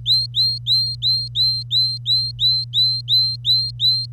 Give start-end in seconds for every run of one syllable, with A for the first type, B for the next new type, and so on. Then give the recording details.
0.06-4.06 A. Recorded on 25 April 2018 at 09:08. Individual llb3